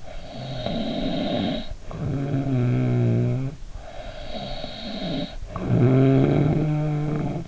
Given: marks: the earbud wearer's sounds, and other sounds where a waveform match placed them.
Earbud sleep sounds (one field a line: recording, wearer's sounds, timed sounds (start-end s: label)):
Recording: sounds in sleep by an in-ear microphone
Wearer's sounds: snoring breath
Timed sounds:
0.18-3.52 s: snoring breath
3.78-7.48 s: snoring breath